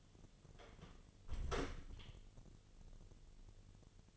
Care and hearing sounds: daily activity, microphone in the room; close door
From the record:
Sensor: 4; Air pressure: 1016.0 hPa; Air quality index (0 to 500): 198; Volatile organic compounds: 11 ppm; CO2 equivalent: 2265 ppm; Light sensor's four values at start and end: 9/20/8/7 and 9/20/8/7

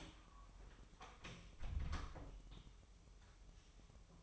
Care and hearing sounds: daily activity, microphone in the room; close door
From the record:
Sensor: 1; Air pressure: 1005.0 hPa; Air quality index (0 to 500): 88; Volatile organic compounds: 2 ppm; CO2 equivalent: 1196 ppm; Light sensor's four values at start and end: 10/25/10/10 and 10/24/10/10

